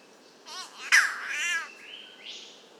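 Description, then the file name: Spotted catbird giving a nasal, wavering, cat-like wail, followed by thin steady whistled tones stepping upward. "Ailuroedus Maculosus"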